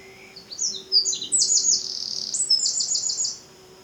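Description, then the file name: Eurasian wren song: a thin opening note, then an energetic stream of high, sharp notes and fast rattling trills lasting about three seconds. "Troglodytes troglodytes"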